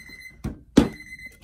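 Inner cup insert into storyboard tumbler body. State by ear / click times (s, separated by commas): seated / 0.8 s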